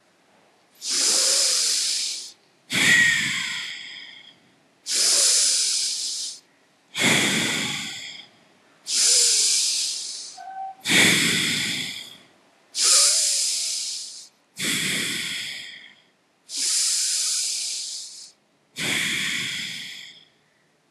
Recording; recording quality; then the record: deep breathing; excellent, no background noise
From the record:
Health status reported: healthy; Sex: female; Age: 32 years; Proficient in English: yes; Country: India